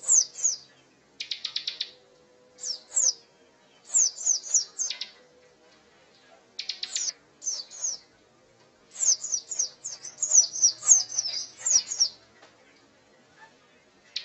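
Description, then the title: Prinia song of quick, high, piercing downslurred notes in clustered phrases, mixed with short buzzy rattles and brief pauses between bursts. Known locally as ciblek gunung; a masteran recording, used to train songbirds, of an energetic, persistently singing bird. "Burung Ciblek Gunung Masteran Gacor Kicau Mania"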